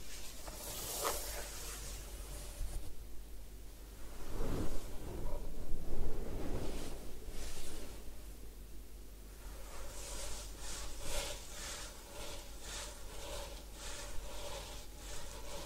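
A head spa hair wash with soft rustling and rubbing, a swell of louder scrubbing around the middle, then quick regular bright scratching strokes.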